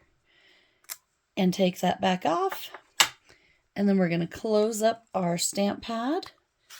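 Someone talks while handling an ink stamp pad, getting ready to close its plastic lid onto the plastic case; the lid needs to click shut because a lid left unclicked lets the pad dry out. Faint taps are heard around 0.9 s and a sharp knock at 3.0 s between the speech. The clip ends before the lid is pressed home, so nothing has seated or clicked yet.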